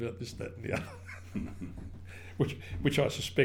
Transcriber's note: laughs